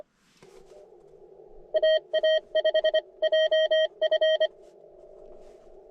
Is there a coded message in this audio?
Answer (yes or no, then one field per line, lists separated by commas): yes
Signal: Morse code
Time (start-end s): 1.7-4.5 s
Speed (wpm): 24 wpm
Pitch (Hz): 630 Hz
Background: none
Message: AA5JF